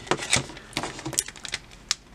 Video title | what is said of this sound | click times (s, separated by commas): Marvel Legends SAURON BAF Deadpool Wave 2 Build A Figure Review | that didn't really snap that going in very easily no click no snap nothing that just poured | none